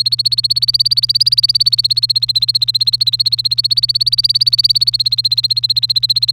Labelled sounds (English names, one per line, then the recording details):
Domestic Canary song
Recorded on 3 May 2018 at 07:17
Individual llb3